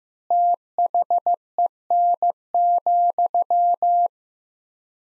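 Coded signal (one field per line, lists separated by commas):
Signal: Morse code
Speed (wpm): 15 wpm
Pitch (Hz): 700 Hz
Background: none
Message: THEN,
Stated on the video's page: Morse practice sentences at 15 wpm with 3x standard word spacing, a word-based method analogous to Farnsworth.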